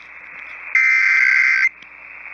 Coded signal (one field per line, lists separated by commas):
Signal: Emergency Alert System (SAME) tones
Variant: header bursts